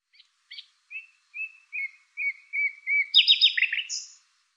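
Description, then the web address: Bird song: a few short clicks, then a series of brief whistles that speed up into a rapid run of falling notes, ending with a high thin note. "cianscape birddata Deverinetal 2025 Bird Lu Me Lu Me"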